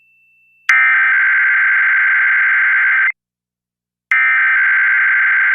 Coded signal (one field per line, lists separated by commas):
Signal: Emergency Alert System (SAME) tones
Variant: header bursts